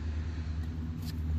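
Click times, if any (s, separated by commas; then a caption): none. The wire connector is being lined up and put back onto the ignition coil of a 2016 Honda Civic during a spark plug and ignition coil replacement. A steady low rumble runs through the whole clip, with faint handling noises around 0.6 and 1.1 seconds. The connector has not clicked or seated yet.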